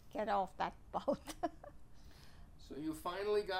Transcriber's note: chuckles